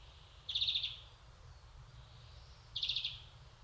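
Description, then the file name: European greenfinch, two brief dry trilled calls a couple of seconds apart, high-pitched and rapid, against quiet low background noise. "Chloris chloris"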